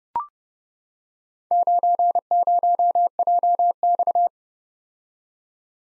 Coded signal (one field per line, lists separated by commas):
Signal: Morse code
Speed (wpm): 30 wpm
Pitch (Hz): 700 Hz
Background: none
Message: 90JX